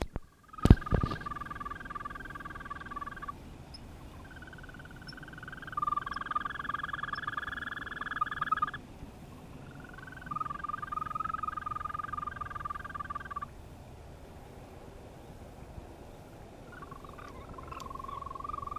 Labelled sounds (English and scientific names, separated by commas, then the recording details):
Green Toad (Bufo viridis) call
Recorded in the wild
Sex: male
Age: adult
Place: Karow, Naturpark Barnim, Berlin, DE
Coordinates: 52.6083, 13.4756
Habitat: pond
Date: 1965-06-12 21:40
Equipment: Uher 4000 Report-S, Transistorverstärker II, Sennheiser MD 421
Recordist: Tembrock, Günter
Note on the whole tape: In einem Teich bei Karow: Trillern (Balz). Keine genaue Ortsangabe